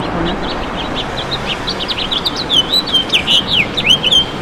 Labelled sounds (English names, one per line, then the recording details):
House Finch song
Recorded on Long Island, New York, on 22 June 2012
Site AU
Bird B